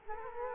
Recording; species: mosquito wingbeat signal from an infrared sensor; Culex quinquefasciatus